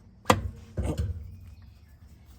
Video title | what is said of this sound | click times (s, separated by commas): Dodge Journey Rear Differential Axle Seal Replacement How-To | just like that you heard it click | 0.3 s